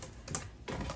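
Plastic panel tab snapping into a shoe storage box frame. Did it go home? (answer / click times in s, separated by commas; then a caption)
yes / 0.4 s. After its small tabs are bent inward, a plastic panel is pressed onto the frame of a plastic shoe storage box. A short, bright snap at 0.4 s, with a sharp high-frequency click at 0.35 s, is heard as the tab snaps into place, followed by a broader rustle near 0.7 s. The panel is seated, and the little snapping noise is the sign the job is done.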